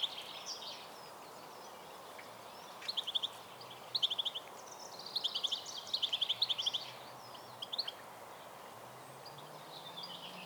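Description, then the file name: European goldfinch call series: repeated short bursts of quick, high twitters separated by pauses, against a soft continuous hiss. "Carduelis carduelis"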